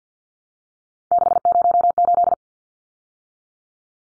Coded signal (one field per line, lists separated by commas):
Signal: Morse code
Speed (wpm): 50 wpm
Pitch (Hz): 700 Hz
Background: none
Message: 608